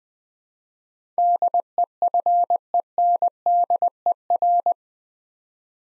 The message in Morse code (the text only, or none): DEFENDER